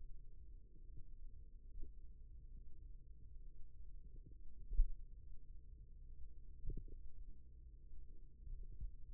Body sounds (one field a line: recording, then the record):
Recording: forearm muscle sounds (acoustic myography)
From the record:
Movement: finger pinch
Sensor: system 2, bracelet of six BSWA MPA416 microphones around the upper forearm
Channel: 3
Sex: male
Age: 22 years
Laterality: right